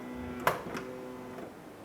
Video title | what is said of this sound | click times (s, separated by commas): How to Replace Power Liftgate Actuator 2014-2019 Toyota Highlander | you hear it lock go ahead and give it a test | 0.5 s